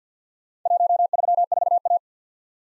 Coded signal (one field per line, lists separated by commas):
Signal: Morse code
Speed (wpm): 47 wpm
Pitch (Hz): 700 Hz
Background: none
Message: 134A